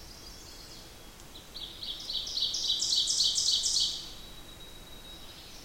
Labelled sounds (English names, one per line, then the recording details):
Ovenbird song
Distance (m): 15 m
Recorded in boreal forest in Alberta, Canada, on 8 June 2016 at 07:10
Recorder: SongMeter 3, array SBT-3-9
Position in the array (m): 47 m, 103 m
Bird 33